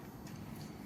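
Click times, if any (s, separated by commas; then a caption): none. A DC fast charger's heavy connector is being handled at the charging inlet of a Mustang Mach-E electric car, over a steady low rumble of vehicle and road noise with no sharp impacts. Nothing has seated or clicked yet; the connector has not locked into the port.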